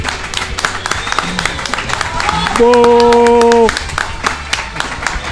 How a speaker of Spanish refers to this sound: Me aplauden más a mí que a ti, ¿eh?